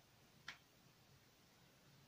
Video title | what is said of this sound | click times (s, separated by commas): Trying New Makeup & GRWM | here the lid clicking on the other end but | 0.5 s